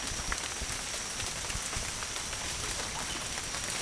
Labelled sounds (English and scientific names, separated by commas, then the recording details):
none
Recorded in dense forest near Puerto Asís, Putumayo, Colombia, on 27 June 2025 at 17:30
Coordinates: 0.503, -76.323
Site G059